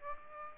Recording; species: mosquito wingbeat signal from an infrared sensor; Aedes aegypti